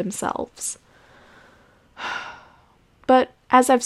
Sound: another sigh